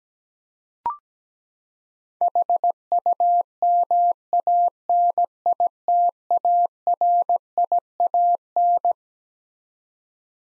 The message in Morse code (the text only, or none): HUMANITARIAN